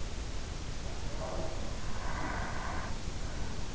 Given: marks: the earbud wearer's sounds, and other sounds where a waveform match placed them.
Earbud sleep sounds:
sounds in sleep by an in-ear microphone; breath
1.39-3.44 s: breath

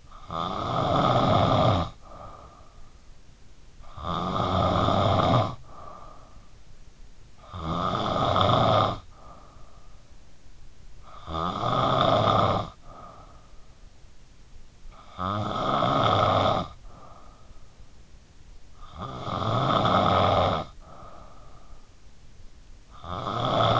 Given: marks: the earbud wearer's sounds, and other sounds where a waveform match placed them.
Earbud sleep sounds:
sounds in sleep by an in-ear microphone; snoring breath
0.00-23.80 s: snoring breath

